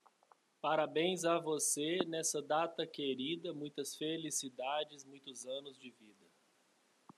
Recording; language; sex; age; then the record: short text; Brazilian Portuguese; male; 30 to 39 years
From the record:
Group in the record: control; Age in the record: 39 years